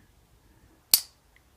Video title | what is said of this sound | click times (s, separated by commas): Dan Wesson .44 Mag Large Frame Revolver Disassembly | until you get a click. One a little further than it should there. | 0.9 s